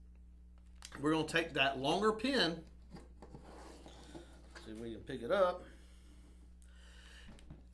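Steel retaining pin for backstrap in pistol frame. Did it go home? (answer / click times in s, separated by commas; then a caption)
no / none. Someone talks while picking up the longer steel retaining pin for the backstrap of a Glock 19X Compact Crossover 9mm Luger pistol with a 4.02" barrel, handling it before lining up the holes and pressing it into the grip frame. Faint handling taps are heard around 3.2, 3.4, 6.6 and 7.4 seconds. Nothing has seated or clicked yet.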